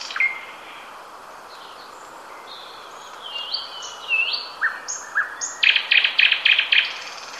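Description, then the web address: Nightingale song with slurred whistles and sharp upswept notes leading into a loud, quick sequence of repeated clicking rattles. "ljud Luscinia"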